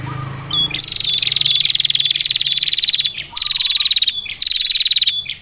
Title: Prenjak Betina Masteran Betina Ngerol ngerol Memanggil Jantan